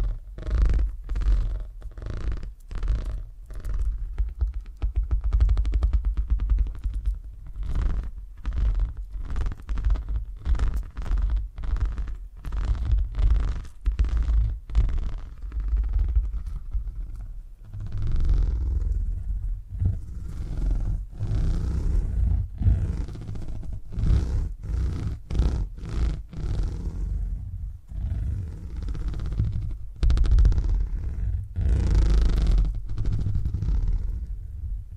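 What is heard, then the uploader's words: Purring triggers: a low, rumbling purr runs throughout, pulsing in quick regular beats for the first seventeen seconds or so. After that the pulses grow denser and less even, with a thicker low rumble and brief crisp scratchy accents on top. Purring Triggers.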